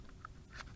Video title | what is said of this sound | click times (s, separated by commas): 40% off TENERGY PHOENIX App Controlled WIFI FPV RC Drone Quadcopter | slide it in and it clicks into place | 0.2 s